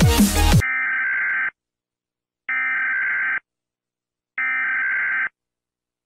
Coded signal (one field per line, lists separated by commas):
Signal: Emergency Alert System (SAME) tones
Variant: header bursts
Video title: Rating EAS alarms (again)